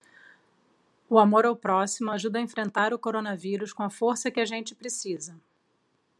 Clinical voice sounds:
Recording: spoken sentence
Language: Brazilian Portuguese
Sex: female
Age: 40 to 49 years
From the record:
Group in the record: control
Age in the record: 43 years

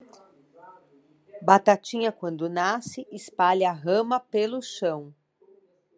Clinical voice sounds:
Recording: short text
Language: Brazilian Portuguese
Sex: female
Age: 50 to 59 years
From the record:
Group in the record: control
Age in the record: 50 years

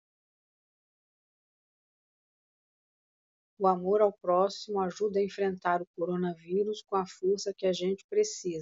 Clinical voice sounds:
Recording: spoken sentence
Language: Brazilian Portuguese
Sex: female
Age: 50 to 59 years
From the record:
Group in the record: control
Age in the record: 54 years

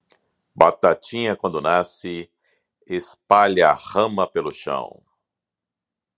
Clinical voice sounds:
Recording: short text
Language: Brazilian Portuguese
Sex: male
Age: 40 to 49 years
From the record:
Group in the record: control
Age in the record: 43 years

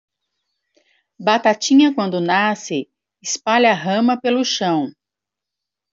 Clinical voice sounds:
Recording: short text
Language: Brazilian Portuguese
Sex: female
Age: 50 to 59 years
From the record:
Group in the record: control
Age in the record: 51 years

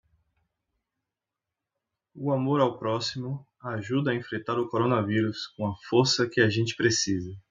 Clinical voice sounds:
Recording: spoken sentence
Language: Brazilian Portuguese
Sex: male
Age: 30 to 39 years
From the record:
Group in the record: control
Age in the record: 39 years

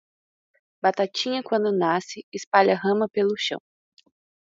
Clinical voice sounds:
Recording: short text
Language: Brazilian Portuguese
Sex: female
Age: 20 to 29 years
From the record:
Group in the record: control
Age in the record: 20 years

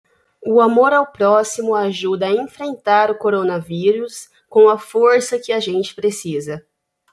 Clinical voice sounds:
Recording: spoken sentence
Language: Brazilian Portuguese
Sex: female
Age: 20 to 29 years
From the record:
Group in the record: control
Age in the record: 23 years

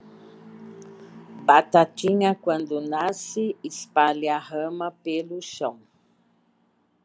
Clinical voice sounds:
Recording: short text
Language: Brazilian Portuguese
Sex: female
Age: 60 to 69 years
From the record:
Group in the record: control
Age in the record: 64 years

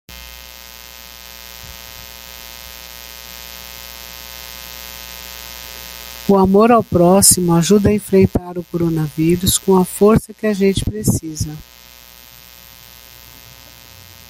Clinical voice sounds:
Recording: spoken sentence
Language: Brazilian Portuguese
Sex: female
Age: 60 to 69 years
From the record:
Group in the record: control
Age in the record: 65 years

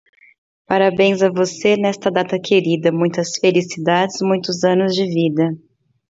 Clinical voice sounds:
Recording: short text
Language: Brazilian Portuguese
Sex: female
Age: 30 to 39 years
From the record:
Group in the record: control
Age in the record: 30 years

